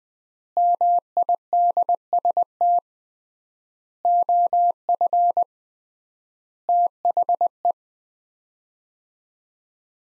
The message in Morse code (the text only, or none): MIDST OF THE